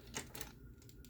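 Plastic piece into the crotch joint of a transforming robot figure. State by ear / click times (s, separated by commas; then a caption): not seated / none. A plastic piece is being handled into the crotch joint of a transforming Transformers Cybertron Smokescreen robot figure, giving a few short, bright plastic taps around 0.2 and 0.4 seconds over a low steady hum. Nothing has seated or clicked into place yet.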